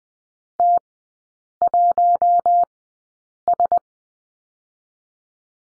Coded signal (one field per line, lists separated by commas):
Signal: Morse code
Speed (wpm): 20 wpm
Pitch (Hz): 700 Hz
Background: none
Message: T1S